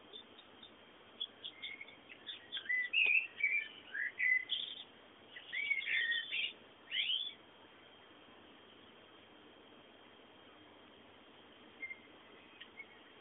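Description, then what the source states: Bird song in a burst of quick chirps and sweeping whistles over several seconds, followed by quiet with only one or two faint notes near the end. Bird sounds presented as background ambience.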